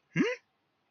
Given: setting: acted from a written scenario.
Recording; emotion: vocal sound without words; confusion